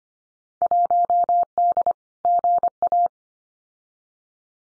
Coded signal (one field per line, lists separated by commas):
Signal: Morse code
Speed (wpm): 25 wpm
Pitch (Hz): 700 Hz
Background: none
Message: 1D GA